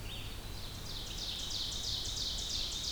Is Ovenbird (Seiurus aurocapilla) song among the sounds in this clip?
yes